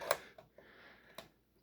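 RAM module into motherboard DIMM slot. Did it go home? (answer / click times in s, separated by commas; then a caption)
no / none. A RAM module is handled over a motherboard DIMM slot with its notch lined up with the slot. A sharp tick sounds at 0.1 s and another at 1.2 s, with faint rustling and soft taps in between. Nothing has seated or clicked yet.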